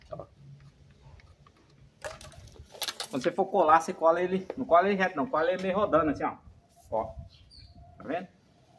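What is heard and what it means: A short piece of PVC water pipe coated with glue is handled and pushed with a twisting motion toward a pipe fitting socket while someone talks. A few brief handling knocks are heard between about 2.0 and 3.0 seconds. The clip ends before the pipe goes home, so nothing has seated or clicked yet.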